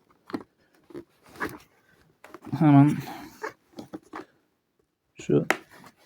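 The second plastic snap tab of a cleaned helmet pad is handled and pushed toward its socket in the helmet shell while someone talks, with a few faint short handling taps between the words. Nothing has seated or clicked yet.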